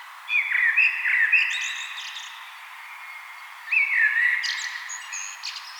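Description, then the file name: Common blackbird song: two low, rich warbled phrases a few seconds apart, each rounded off with a brief high, scratchy flourish. "Turdus merula"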